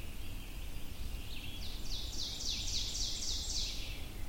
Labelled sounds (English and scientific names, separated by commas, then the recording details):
Ovenbird (Seiurus aurocapilla) song
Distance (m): 40 m
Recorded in boreal forest in Alberta, Canada, on 22 June 2016 at 05:20
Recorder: SongMeter 3, array SBT-6-76
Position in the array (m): 151 m, 103 m
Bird 3